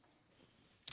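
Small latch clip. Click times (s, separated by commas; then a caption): 0.9 s. A small release clip on the folding legs of a craft desk is pressed to release the legs. After near-silence with a faint low background, a single short, sharp tick sounds at 0.9 s as the clip lets go, and the legs are released.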